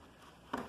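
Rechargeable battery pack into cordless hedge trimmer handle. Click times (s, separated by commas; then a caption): 0.5 s. A rechargeable battery pack is slid into the bottom of a cordless hedge trimmer's handle and clicks into place at 0.5 seconds, a short sharp snap over quiet background. The click shows the battery is seated and fitted correctly.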